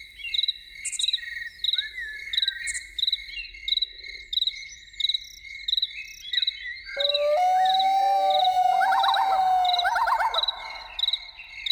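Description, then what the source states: Loon giving a long, steady wailing note that bends slightly upward, then a wavering yodel-like phrase, over a constant pulsing chorus of crickets. Evening soundscape with loons.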